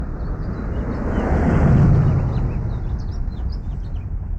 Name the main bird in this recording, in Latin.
Haemorhous mexicanus